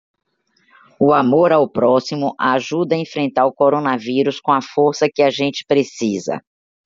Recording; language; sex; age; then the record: spoken sentence; Brazilian Portuguese; female; 60 to 69 years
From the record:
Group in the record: control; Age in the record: 60 years